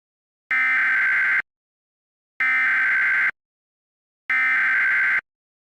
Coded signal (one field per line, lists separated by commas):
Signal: Emergency Alert System (SAME) tones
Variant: header bursts